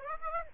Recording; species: mosquito wingbeat signal from an infrared sensor; Aedes aegypti